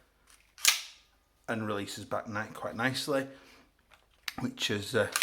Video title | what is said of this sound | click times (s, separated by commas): [UNBOXING] KWA RONIN T6 M4 AEG 2.5 compact awesomeness | port here if we pull the charging handle pops it open and releases | 0.7 s